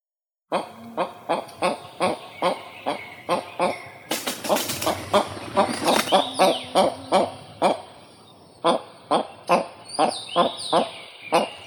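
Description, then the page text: Western capercaillie display, a long series of sharp knocking clicks at an even pace, with a denser burst of clicks and rasping notes partway through. "Глухарь (Tetrao urogallus)"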